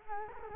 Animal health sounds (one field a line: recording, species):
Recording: mosquito wingbeat signal from an infrared sensor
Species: Culex quinquefasciatus